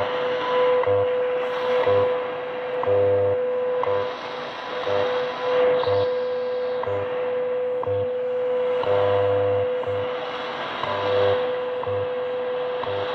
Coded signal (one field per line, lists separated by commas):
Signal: radio time signal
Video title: WWV 10 MHz received Eton S350DL portable receiver on Shortwave